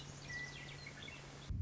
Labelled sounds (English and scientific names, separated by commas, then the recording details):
Western Meadowlark (Sturnella neglecta)
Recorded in Sonoma County, California